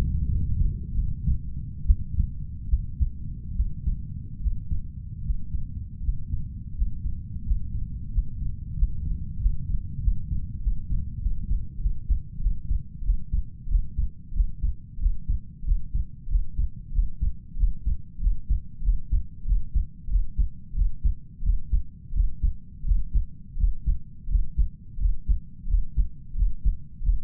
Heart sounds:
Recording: heart sounds by stethoscope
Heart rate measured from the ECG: 87 bpm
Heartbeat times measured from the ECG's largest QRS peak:
0.27 s: heartbeat
0.94 s: heartbeat
1.85 s: heartbeat
2.68 s: heartbeat
3.55 s: heartbeat
4.40 s: heartbeat
5.22 s: heartbeat
6.01 s: heartbeat
6.74 s: heartbeat
7.43 s: heartbeat
8.10 s: heartbeat
8.74 s: heartbeat
9.38 s: heartbeat
10.00 s: heartbeat
10.60 s: heartbeat
11.20 s: heartbeat
11.79 s: heartbeat
12.39 s: heartbeat
13.02 s: heartbeat
13.67 s: heartbeat
14.32 s: heartbeat
14.98 s: heartbeat
15.63 s: heartbeat
16.28 s: heartbeat
16.91 s: heartbeat
17.56 s: heartbeat
18.19 s: heartbeat
18.82 s: heartbeat
19.45 s: heartbeat
20.08 s: heartbeat
20.74 s: heartbeat
21.42 s: heartbeat
22.13 s: heartbeat
22.84 s: heartbeat
23.56 s: heartbeat
24.28 s: heartbeat
24.98 s: heartbeat
25.67 s: heartbeat
26.35 s: heartbeat
27.01 s: heartbeat
From the record:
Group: healthy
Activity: breath hold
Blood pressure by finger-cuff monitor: 109/82 mmHg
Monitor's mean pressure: 88 mmHg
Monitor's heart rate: 87 bpm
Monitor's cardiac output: 5.9 L/min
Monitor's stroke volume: 68 mL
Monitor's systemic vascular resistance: 1080 dyn s/cm5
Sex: male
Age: 21 years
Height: 170 cm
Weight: 71 kg

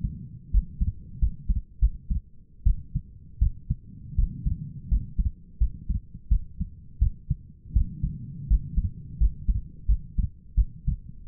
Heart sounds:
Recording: heart sounds by stethoscope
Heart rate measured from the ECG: 84 bpm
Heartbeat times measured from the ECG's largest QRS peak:
0.52 s: heartbeat
1.20 s: heartbeat
1.80 s: heartbeat
2.64 s: heartbeat
3.40 s: heartbeat
4.16 s: heartbeat
4.89 s: heartbeat
5.59 s: heartbeat
6.29 s: heartbeat
7.00 s: heartbeat
7.74 s: heartbeat
8.48 s: heartbeat
9.19 s: heartbeat
9.87 s: heartbeat
10.56 s: heartbeat
11.27 s: heartbeat
From the record:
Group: healthy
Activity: rest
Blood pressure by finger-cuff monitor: 111/71 mmHg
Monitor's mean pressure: 85 mmHg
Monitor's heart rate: 82 bpm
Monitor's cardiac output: 6.4 L/min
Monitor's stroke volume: 79 mL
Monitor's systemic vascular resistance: 960 dyn s/cm5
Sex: female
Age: 37 years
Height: 168 cm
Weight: 70 kg

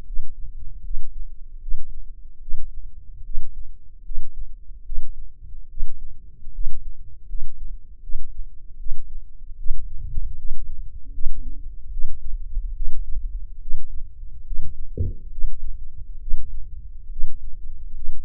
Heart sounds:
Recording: heart sounds by microphone in the left ear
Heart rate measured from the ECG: 74 bpm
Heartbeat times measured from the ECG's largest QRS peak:
0.05 s: heartbeat
0.83 s: heartbeat
1.60 s: heartbeat
2.40 s: heartbeat
3.23 s: heartbeat
4.03 s: heartbeat
4.84 s: heartbeat
5.68 s: heartbeat
6.52 s: heartbeat
7.27 s: heartbeat
8.01 s: heartbeat
8.77 s: heartbeat
9.57 s: heartbeat
10.37 s: heartbeat
11.12 s: heartbeat
11.90 s: heartbeat
12.74 s: heartbeat
13.60 s: heartbeat
14.44 s: heartbeat
15.30 s: heartbeat
16.19 s: heartbeat
17.09 s: heartbeat
17.94 s: heartbeat
From the record:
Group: healthy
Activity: rest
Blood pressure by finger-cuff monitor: 137/76 mmHg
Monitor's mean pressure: 98 mmHg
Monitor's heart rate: 75 bpm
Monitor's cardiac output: 7.2 L/min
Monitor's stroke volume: 95 mL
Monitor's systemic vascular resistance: 1010 dyn s/cm5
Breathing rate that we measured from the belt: 17 breaths a minute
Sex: male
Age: 21 years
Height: 180 cm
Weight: 67.5 kg

